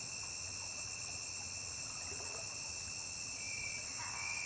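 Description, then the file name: Cricket song as a shrill trill, with a brief louder burst near the end and faint low background noise. A single high-pitched cricket singing beside a river. "Grilo agudo isola cantando beira de rio"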